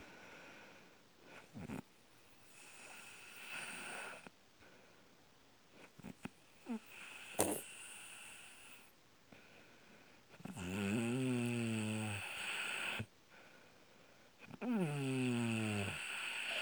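Heavy snoring with heavy breathing from an adult sleeper, about 15 breaths a minute. A throaty, fluttering rattle turns into loud, buzzing, tonal snores in the later breaths, with softer breathy sounds between snores.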